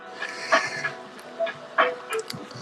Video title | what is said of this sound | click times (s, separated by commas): Transformers Age Of The Primes Deluxe Class Powerglide | to take and spin these around so they click into place. | 2.3 s